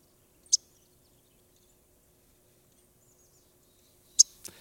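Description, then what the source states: Yellow-rumped Warbler call notes: two short, high chips about three and a half seconds apart, the second followed closely by a fainter one, against near silence. Call note heard this time of year when the bird is not singing; less sharp than a sparrow's chip, not metallic like a cardinal's, a little more sputtered; found almost anywhere in North America.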